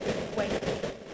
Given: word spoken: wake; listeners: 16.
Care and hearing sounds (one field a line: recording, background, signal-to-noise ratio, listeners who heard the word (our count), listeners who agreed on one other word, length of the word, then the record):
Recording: one English word in noise, from a listening test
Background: noise modulated by three-talker babble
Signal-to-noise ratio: -6.3 dB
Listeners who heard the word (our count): 2 of 16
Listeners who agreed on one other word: 6 of 16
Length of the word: 0.74 s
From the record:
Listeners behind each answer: 6, 2, 1, 1, 1, 1, 1, 1, 1, 1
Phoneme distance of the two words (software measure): 10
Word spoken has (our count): 1 syllable, 3 phonemes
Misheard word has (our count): 1 syllable, 3 phonemes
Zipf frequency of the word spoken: 4.64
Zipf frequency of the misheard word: 5.37